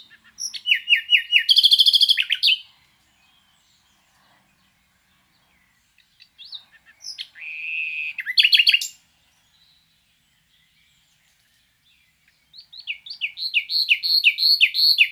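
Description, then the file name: Common nightingale singing three phrases separated by pauses: rapid repeated chirps and rattles, one phrase holding a buzzy trill, the last a fast run of sharp notes. "Luscinia megarhynchos"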